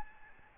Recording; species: mosquito wingbeat signal from an infrared sensor; Aedes albopictus